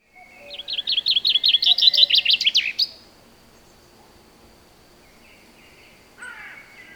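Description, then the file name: Common chaffinch song, a rattling series of sharp repeated notes for about two and a half seconds ending in a brief flourish, then quiet with a faint bird call. "Fringilla coelebs"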